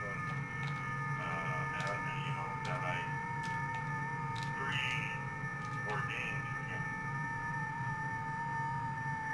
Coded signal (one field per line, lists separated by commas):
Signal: FT8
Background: speech